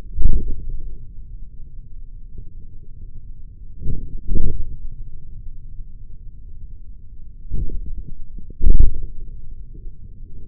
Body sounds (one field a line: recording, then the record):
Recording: forearm muscle sounds (acoustic myography)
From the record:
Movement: forearm supination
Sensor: system 3, bracelet of six PUI Audio POM-2738L microphones around the upper forearm, with dedicated amplification and filtering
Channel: 2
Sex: male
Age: 56 years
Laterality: right